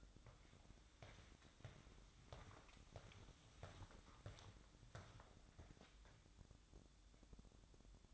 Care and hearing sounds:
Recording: daily activity, microphone in the room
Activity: walk to room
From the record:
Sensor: 3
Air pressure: 1008.2 hPa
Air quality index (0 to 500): 130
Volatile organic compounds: 2 ppm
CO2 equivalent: 1074 ppm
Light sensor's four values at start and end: 11/27/11/11 and 11/25/10/10

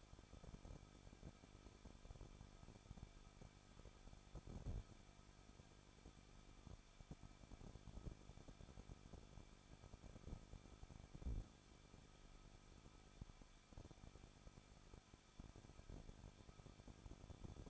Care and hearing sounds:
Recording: daily activity, microphone in the room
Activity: no activity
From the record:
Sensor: 5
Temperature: 20.9 degrees Celsius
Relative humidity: 38.1%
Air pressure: 1006.4 hPa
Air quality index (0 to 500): 187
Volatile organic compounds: 18 ppm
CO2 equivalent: 2624 ppm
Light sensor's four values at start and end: 2/3/1/1 and 2/3/1/1

